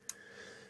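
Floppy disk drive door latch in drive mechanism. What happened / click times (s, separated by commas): The drive latch catches and locks down / 0.1 s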